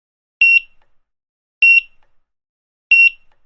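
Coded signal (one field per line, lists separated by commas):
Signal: none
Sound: checkout scanner beeps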